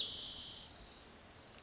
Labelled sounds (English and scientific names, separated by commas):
Spotted Towhee (Pipilo maculatus)